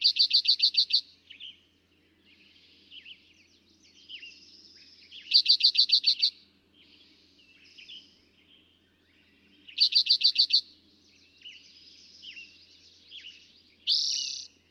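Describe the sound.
Eastern towhee delivering three fast, even bursts of sharp notes roughly every five seconds, other birds chirping softly between them.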